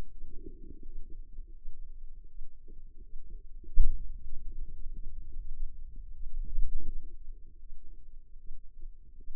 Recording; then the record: forearm muscle sounds (acoustic myography)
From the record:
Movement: finger pinch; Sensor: system 2, bracelet of six BSWA MPA416 microphones around the upper forearm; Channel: 1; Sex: female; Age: 25 years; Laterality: right